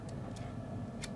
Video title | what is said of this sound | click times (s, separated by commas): Kaiweets ES20 Micro Electric Screwdriver Kit (Sega Game Gear test) | locking in you can maybe hear that click | 1.0 s